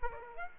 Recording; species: mosquito wingbeat signal from an infrared sensor; Aedes aegypti